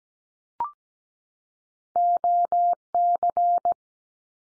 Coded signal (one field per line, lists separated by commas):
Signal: Morse code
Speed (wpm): 17 wpm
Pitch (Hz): 700 Hz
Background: none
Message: OC